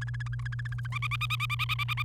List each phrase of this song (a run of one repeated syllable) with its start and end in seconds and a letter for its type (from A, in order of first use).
0.01-0.87 A, 0.92-2.03 B